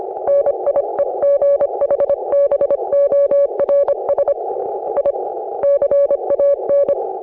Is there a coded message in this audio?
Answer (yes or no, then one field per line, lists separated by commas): yes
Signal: Morse code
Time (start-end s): 0.3-6.9 s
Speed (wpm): 26 wpm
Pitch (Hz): 560 Hz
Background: none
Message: NIEGHBORS I CAN